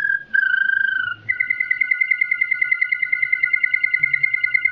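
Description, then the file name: Waterslager canary song: a sustained flute-like tone that slides down slightly, then a fast, even, bubbling roll of repeated notes. "kenariwaterslager omkicau"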